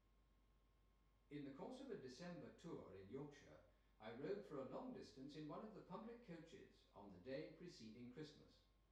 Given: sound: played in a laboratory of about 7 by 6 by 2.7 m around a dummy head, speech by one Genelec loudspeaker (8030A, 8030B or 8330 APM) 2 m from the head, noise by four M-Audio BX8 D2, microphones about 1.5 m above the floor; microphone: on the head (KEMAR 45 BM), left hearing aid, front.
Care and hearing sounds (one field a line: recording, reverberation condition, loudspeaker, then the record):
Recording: male speech in English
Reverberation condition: medium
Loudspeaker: 120 degrees to the right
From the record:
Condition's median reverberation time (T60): about 510 ms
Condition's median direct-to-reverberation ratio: about -0.5 dB